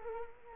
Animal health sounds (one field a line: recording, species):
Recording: mosquito wingbeat signal from an infrared sensor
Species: Culex quinquefasciatus